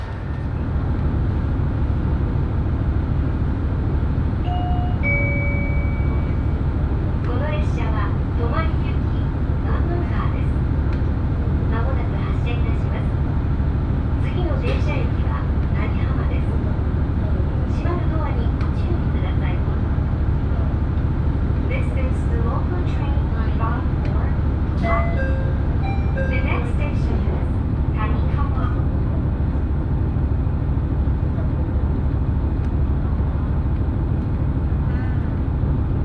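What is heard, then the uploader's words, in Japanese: A ride aboard an Echigo Tokimeki Railway train, with a steady, heavy low rumble running the whole time. Voices talk on and off over it, mostly from around eight to twenty-nine seconds, and brief tonal beeps or chimes sound near five seconds and again around twenty-five. 耳で楽しむ鉄道旅 えちごトキめき鉄道 高田→直江津→糸魚川。ディーゼルカー1両で足りてしまいます。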